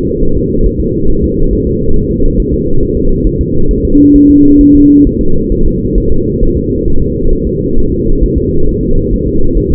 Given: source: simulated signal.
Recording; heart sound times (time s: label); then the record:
fetal heart sounds
0.23 s: S1
0.37 s: S2
0.66 s: S1
0.80 s: S2
1.10 s: S1
1.24 s: S2
1.53 s: S1
1.67 s: S2
1.96 s: S1
2.10 s: S2
2.40 s: S1
2.54 s: S2
2.83 s: S1
2.97 s: S2
3.27 s: S1
3.41 s: S2
3.71 s: S1
3.85 s: S2
4.16 s: S1
4.30 s: S2
4.61 s: S1
4.75 s: S2
5.07 s: S1
5.21 s: S2
5.52 s: S1
5.66 s: S2
5.98 s: S1
6.12 s: S2
6.43 s: S1
6.57 s: S2
6.88 s: S1
7.02 s: S2
7.33 s: S1
7.47 s: S2
7.78 s: S1
7.92 s: S2
8.23 s: S1
8.38 s: S2
8.69 s: S1
8.83 s: S2
9.13 s: S1
9.28 s: S2
9.57 s: S1
9.72 s: S2
From the record:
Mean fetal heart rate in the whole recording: 135 bpm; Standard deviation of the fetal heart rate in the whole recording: 3 bpm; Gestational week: 36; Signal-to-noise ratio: -19.1 dB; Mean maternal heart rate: 72 bpm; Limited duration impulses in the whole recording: present